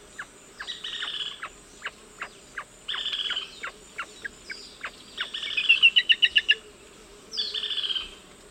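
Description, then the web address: Gray-breasted crake giving a short, rapid burst of high sharp notes, with repeated clicks and other calls around it. Eastern lowlands of South America. "Natures Songs S America Eastern Lowlands. Gray-breasted Crake"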